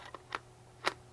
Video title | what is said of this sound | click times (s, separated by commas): Nikon D7000 How To Tutorial 1 | locks in you'll hear that click that means it's on | 0.9 s